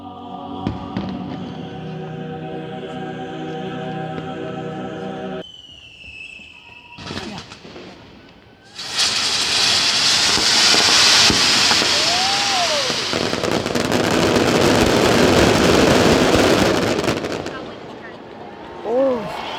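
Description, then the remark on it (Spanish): Steady droning tones give way to a loud, continuous barrage of fireworks at a fireworks offering in Elche, declared a Festival of National Tourist Interest: dense crackling bursts and booms, with a few rockets whistling as they rise, sustained for over ten seconds. “Tras esta ofrenda de fuegos artificiales declarada Fiesta de Interés Turístico Nacional”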